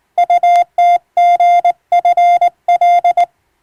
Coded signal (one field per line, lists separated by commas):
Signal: Morse code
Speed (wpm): 20 wpm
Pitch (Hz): 700 Hz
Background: none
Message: UTGFL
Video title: 【モールス無線通信士】懐かしいモールス通信、昭和はラジオでよく聞こえました。船と陸との唯一の通信手段、大変重要な無線通信でした。ハムの受信トレーニングにどうぞ morse code practice